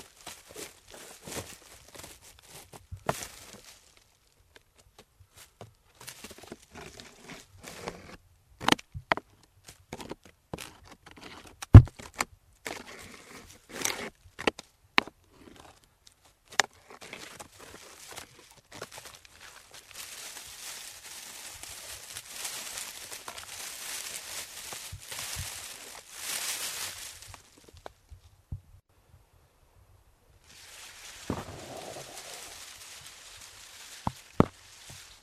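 A rainforest hike in Tambopata Reserve, Peru, with sharp irregular clicks, snaps and thuds scattered throughout, likely footsteps on brush. From about 20 to 28 seconds a steady bright hiss of insects fills the background, returning faintly near 32 seconds with a low rustle.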